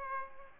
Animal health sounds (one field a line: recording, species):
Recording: mosquito wingbeat signal from an infrared sensor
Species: Aedes albopictus